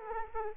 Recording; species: mosquito wingbeat signal from an infrared sensor; Aedes aegypti